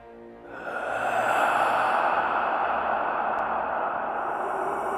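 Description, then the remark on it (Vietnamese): An eerie, drawn-out breath swells in after a faint low hum and holds as a steady, hollow, rasping exhale for several seconds, fairly loud and with no voices. “Vẳng trong bóng tối vang lên một tiếng thở rợn người.”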